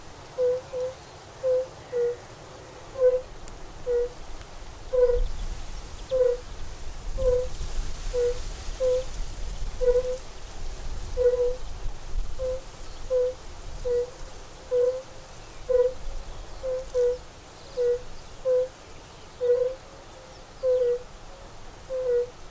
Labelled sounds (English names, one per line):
Fire-Bellied Toad call